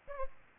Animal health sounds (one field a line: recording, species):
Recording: mosquito wingbeat signal from an infrared sensor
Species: Aedes aegypti